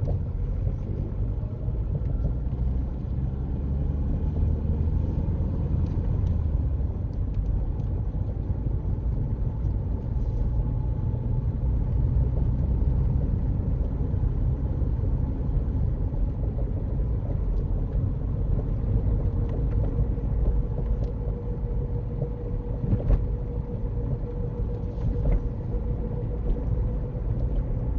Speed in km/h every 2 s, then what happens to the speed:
23, 27, 29, 31, 32, 34, 35, 37, 39, 42, 42, 40, 42, 44.
0-18 speeds up to 42. 18-28 steady at about 42.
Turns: none.